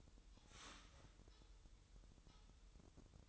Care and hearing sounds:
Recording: daily activity, microphone in the room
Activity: start toaster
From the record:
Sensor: 3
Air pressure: 988.5 hPa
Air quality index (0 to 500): 193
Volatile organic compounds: 285 ppm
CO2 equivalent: 4447 ppm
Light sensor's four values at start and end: 23/73/30/26 and 23/73/30/26

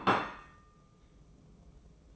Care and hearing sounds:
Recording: daily activity, microphone in the room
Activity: place plate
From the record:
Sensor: 1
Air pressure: 995.3 hPa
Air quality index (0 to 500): 28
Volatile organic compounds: 1 ppm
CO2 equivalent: 545 ppm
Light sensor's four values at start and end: 13/47/17/18 and 13/47/17/18

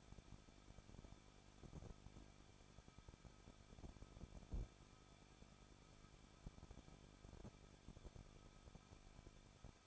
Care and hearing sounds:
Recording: daily activity, microphone in the room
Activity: no activity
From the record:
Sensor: 5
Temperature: 20.8 degrees Celsius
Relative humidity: 38.2%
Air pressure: 1006.5 hPa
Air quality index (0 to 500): 186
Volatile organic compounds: 18 ppm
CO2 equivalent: 2611 ppm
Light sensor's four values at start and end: 2/3/1/1 and 2/3/1/1

